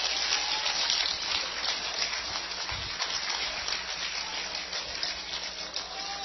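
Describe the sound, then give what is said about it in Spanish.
A church audience applauds loudly and steadily, a dense wash of many hands clapping that holds for several seconds without any voices, giving a loud applause to God at the pastor's call during a sermon. “Por eso sencillamente, den un aplauso fuerte al que vive y reina para siempre.”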